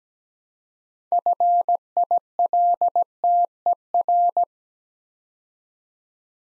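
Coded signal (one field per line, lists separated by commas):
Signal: Morse code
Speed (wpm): 17 wpm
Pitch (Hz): 700 Hz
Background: none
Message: FILTER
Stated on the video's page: Morse practice at 17wpm building 6-letter words three letters at a time, for beginners working on instant character recognition.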